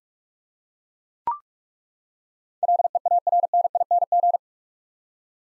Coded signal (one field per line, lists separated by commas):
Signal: Morse code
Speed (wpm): 42 wpm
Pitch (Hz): 700 Hz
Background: none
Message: LEARNING